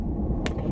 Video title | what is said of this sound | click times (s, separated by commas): FACEBOOK, DISLIKES & CHAPSTICK REVIEWS - OCTOBER 18 VLOG | I don't know if you can hear it but you hear it like a snap | 0.5 s